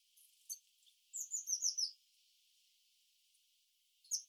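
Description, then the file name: Eurasian blue tit calls: a brief burst of high, downslurred notes forming a short falling trill, with an isolated sharp note before and after, over faint hiss. "Cyanistes caeruleus"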